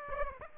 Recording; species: mosquito wingbeat signal from an infrared sensor; Aedes aegypti